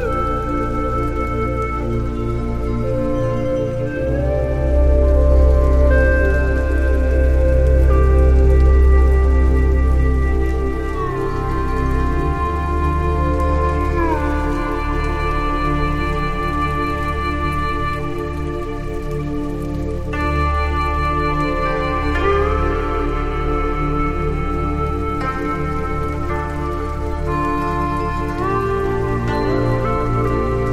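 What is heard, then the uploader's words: Slow Chinese-inspired music with sustained melodic tones and sliding pitch bends over a deep steady bass, faint soft rain beneath throughout. Chinese Inspired Sleep Music with Gentle Rain Sounds. Inspired by traditional Chinese music.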